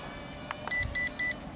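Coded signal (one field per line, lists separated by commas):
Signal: beep code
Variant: RC quadcopter transmitter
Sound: two clicks, then three short evenly spaced high beeps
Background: room hum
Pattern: 3 short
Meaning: Three beeps select the third speed mode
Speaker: 3 bips, troisième vitesse.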